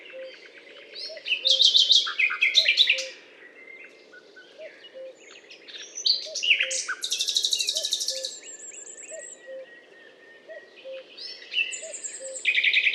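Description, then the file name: Common nightingale song: bursts of rapid repeated notes, buzzy rattles and high chattering phrases separated by pauses, over a steady series of soft low notes. Recorded on a limestone hill, Butte calcaire de Gratacap, France, on 19 May 2012. "rossignol philomele Butte calcaire de Gratacap"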